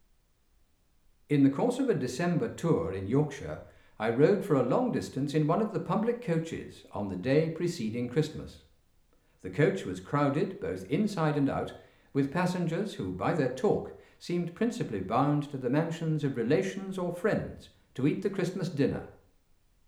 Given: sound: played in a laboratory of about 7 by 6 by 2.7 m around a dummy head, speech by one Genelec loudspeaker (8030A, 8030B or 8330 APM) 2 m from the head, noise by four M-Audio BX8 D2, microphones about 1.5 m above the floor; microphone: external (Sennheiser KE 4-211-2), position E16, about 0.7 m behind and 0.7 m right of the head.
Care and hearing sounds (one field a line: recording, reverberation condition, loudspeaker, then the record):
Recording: male speech in English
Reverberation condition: medium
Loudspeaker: 120 degrees to the right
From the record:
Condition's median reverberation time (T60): about 510 ms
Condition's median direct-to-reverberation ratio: about -0.5 dB